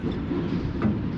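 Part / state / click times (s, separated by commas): 3D-printed clutch coupling into autopilot drive on helm wheel / not seated / none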